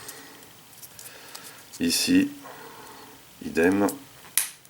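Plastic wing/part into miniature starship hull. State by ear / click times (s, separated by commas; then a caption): seated / 4.4 s. A plastic wing part is pressed into its socket on a plastic X-Wing miniature starship hull, a Gauntlet fighter. Someone talks, then a sharp snap at 4.4 s marks the part clipping into place. It seats well, with the hope that it lasts.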